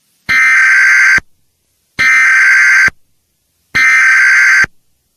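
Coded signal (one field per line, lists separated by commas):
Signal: Emergency Alert System (SAME) tones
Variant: header bursts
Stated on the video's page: Tones from a fictional animated story about a fake EAS alert.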